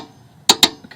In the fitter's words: Okay so there's the click